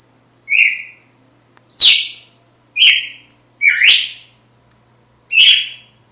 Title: Canto Galo Campina Fêmea 02. GALO DE CAMPINA AÇOITA FORTE NA MADRUGADA DEPOIS DA MUDA